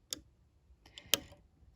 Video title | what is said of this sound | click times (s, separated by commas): EM9305 Embroidery Only Machine - Setting Up The Machine | ensure that the thread goes through and you can hear it click | 0.1 s, 1.1 s